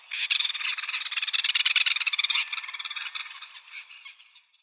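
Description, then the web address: Great spotted cuckoo chattering: a continuous harsh, rasping series of quick grating notes that fades out over its last two seconds. "Schulze Peter Great Spotted Cuckoo calls"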